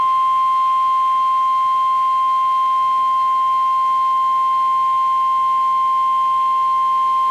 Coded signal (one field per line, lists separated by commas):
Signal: Emergency Alert System (SAME) tones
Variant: 1050 Hz attention tone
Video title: EAS Tornado Watch Much of the Mid-South and Illinois (Strong Tornadoes Likely!) NOAA Weather Radio